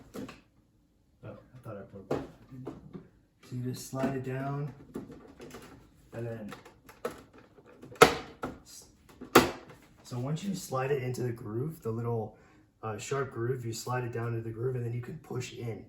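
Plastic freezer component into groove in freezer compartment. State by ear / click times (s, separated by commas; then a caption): seated / 8.0 s, 9.4 s. A plastic freezer component is slid down into a groove in the freezer compartment of a Samsung RS265TDRS fridge and pushed in during an ice maker replacement while someone talks. Sharp clicks are heard at 8.0 s and 9.4 s. The part snaps into the groove and is seated.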